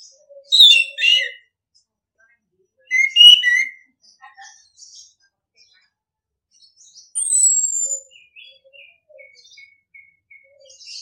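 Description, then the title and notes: Orange-headed thrush gives two quick warbled phrases, then a clear falling whistled sweep, followed by a run of soft high repeated notes. Training audio for other birds; singing style called ngeplong. "ANIS KEMBANG NGEPLONG. Masteran Anis Kembang"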